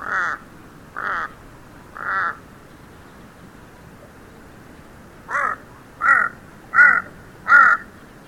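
Kaka giving harsh, nasal, grating calls, three spaced about a second apart, then a pause and four more in quicker succession.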